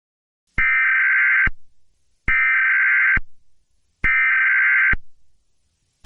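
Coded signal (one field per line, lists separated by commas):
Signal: Emergency Alert System (SAME) tones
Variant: header bursts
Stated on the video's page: Fictional emergency alert scenario about a Borg invasion of Earth.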